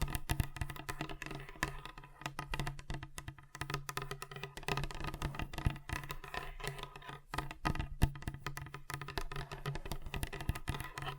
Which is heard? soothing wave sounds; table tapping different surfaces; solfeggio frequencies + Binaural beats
table tapping different surfaces